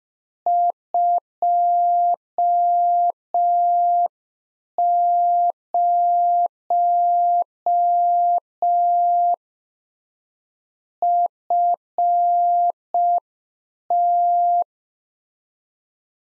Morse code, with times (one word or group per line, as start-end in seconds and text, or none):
0.5-9.3 20
11.0-14.6 FT